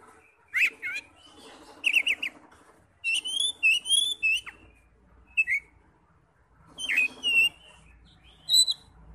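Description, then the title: Oriental magpie-robin song: varied phrases of clear rising whistles, quick slurs and harsh sharp notes, given in bursts with short gaps between them. "Kacer"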